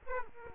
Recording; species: mosquito wingbeat signal from an infrared sensor; Aedes aegypti